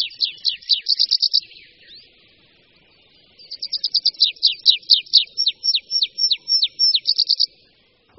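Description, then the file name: Tree pipit singing two phrases separated by a short pause; the second begins with rapid high notes and shifts into slower, repeated downslurred notes. "Linduška-lesní"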